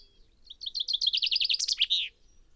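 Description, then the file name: Common chaffinch singing a rapid, cascading series of chipping notes that descends gradually and closes with a quick emphatic end flourish; background otherwise quiet. "Fringilla coelebs"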